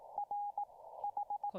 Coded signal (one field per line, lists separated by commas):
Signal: Morse code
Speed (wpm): 18 wpm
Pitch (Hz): 820 Hz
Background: speech, radio noise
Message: R H